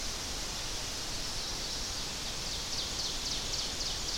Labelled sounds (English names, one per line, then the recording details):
Ovenbird song
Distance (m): 70 m
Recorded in boreal forest in Alberta, Canada, on 10 June 2016 at 07:06
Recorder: SongMeter 3, array SBT-3-39
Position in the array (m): 235 m, 75 m
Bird 17